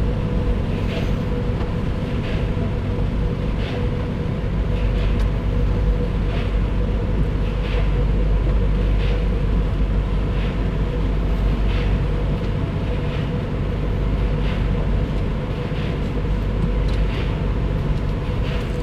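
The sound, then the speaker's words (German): A car drives out of a car wash after the exit signal shows green: a steady, loud low engine rumble with faint, evenly spaced clicks roughly once a second, and no voices. “Jetzt fahre ich hier raus.”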